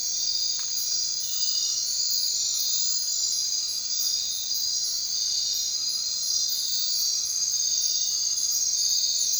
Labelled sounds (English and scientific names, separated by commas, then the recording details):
none
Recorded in secondary vegetation near Puerto Asís, Putumayo, Colombia, on 22 June 2025 at 23:30
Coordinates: 0.499, -76.323
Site G077